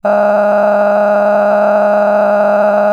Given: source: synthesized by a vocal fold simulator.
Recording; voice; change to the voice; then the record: sustained vowel; female; cycle-to-cycle stiffness perturbation (roughness), level 10 of 10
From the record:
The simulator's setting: 6.49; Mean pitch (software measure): 207 Hz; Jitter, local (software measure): 3.00%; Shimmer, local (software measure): 17.7%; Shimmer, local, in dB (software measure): 1.56 dB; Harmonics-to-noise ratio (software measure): 10.5 dB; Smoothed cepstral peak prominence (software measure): 13.5 dB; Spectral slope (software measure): -21.9 dB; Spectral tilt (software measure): -12.0 dB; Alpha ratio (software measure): -12.4 dB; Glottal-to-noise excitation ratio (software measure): 0.934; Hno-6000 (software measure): 2.3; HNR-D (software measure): 28.4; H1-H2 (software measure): 6.3 dB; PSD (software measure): 1.3e-04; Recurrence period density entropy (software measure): 0.114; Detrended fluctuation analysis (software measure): 0.0289